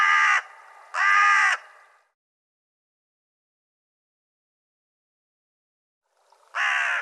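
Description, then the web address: Bird giving two rough caws close together, then several seconds of silence before a third caw. "cianscape birddata Deverinetal 2025"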